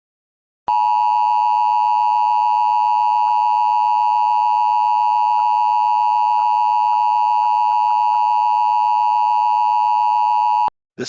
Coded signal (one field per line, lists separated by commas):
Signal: Emergency Alert System (SAME) tones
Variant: 853 and 960 Hz attention tone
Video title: THE FIREBALL (EAS SCENARIO)